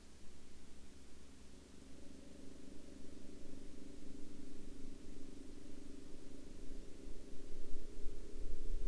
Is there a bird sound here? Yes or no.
no